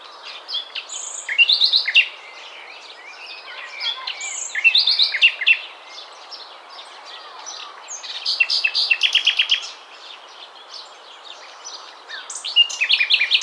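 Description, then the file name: Common nightingale song: bursts of varied, rich phrases with rapid repeated trill notes and short whistles, separated by brief pauses, over a faint steady background hiss. "Luscinia megarhynchos"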